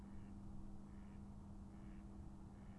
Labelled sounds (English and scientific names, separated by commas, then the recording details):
Mallard (Anas platyrhynchos)
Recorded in Germany
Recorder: ecoPi